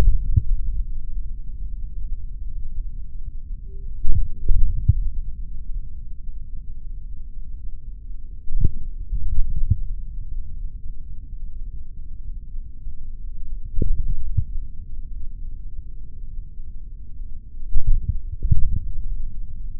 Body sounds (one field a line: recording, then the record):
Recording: forearm muscle sounds (acoustic myography)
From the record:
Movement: index flexion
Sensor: system 3, bracelet of six PUI Audio POM-2738L microphones around the upper forearm, with dedicated amplification and filtering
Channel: 4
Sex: male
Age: 26 years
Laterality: right